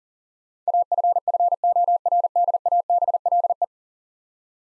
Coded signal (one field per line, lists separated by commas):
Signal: Morse code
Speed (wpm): 40 wpm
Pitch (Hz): 700 Hz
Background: none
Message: AFFORDABLE